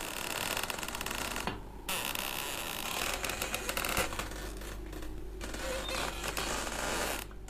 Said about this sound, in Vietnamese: Thì bất giác, một thứ âm thanh kinh dị hơn lại vang lên. Từ bên ngoài, cánh cửa buồng khô dầu vang lên những tiếng kèn kẹt, nghe đến buốt cả óc.